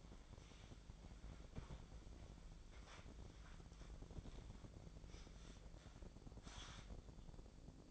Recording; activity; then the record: daily activity, microphone in the room; wipe stove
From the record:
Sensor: 5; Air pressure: 1012.4 hPa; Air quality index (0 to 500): 160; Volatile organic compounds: 2 ppm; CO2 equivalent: 1086 ppm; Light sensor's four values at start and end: 192/460/196/226 and 189/452/193/222